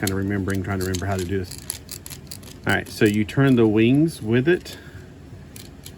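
Someone talks while handling the wings of a plastic 2019 Cyberverse Elite Class Megatron action figure during transformation, turning the wings with small plastic clicks and rattles in the background. The wing part has not locked into the figure's body yet; nothing has seated or clicked into place.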